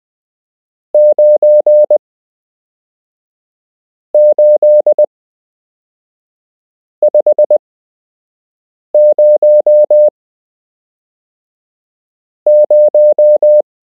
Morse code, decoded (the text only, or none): 98500